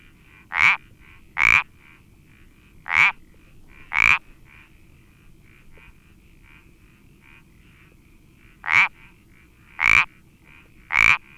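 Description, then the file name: Iberian parsley frog gives four creaky croaks, falls silent for several seconds, then croaks three more times. "Sapillo Moteado Iberico Pelodytes Ibericus"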